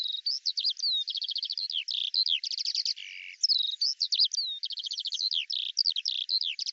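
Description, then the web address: Eurasian skylark song, dense and unbroken, mixing fast rattling trills with sharp up-and-down chirps and a brief lower buzzy note midway. "Deverinetal 2025 Bird Al Ar"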